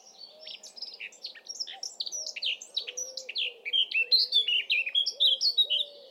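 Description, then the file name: Eurasian blackcap delivering a continuous, hurried warble of scratchy and sweet notes that grows louder toward the end; faint low sounds in the background. "Sylvia atricapilla"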